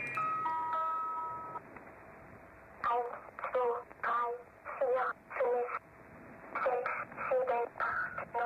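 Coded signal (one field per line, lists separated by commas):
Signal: numbers station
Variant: Swedish Rhapsody, German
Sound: short steady melodic tones, then a voice reading about ten short, evenly spaced words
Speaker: They were basically reading numbers though. That's literally the translation. It's just numbers unless you want like translation for numbers in German.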